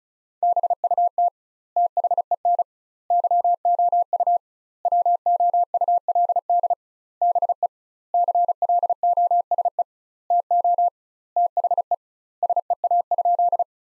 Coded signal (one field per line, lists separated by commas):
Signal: Morse code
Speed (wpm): 36 wpm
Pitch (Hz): 700 Hz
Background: none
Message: BUT THEN YOU WOULD BE CLOSE TO THE SEA?